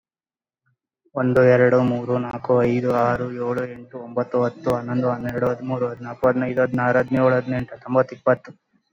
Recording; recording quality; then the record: counting at a normal pace; excellent, no background noise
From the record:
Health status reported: COVID-19 positive, mild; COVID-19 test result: positive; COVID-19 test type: RT-PCR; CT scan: not taken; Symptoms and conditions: cough, cold, breathing difficulty, fever, fatigue, loss of smell and taste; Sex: male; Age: 35 years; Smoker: no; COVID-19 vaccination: none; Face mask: worn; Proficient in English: yes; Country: India